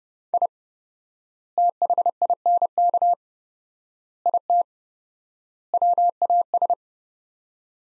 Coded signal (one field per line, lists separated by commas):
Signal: Morse code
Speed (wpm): 30 wpm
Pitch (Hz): 700 Hz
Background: none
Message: I THINK IT WAS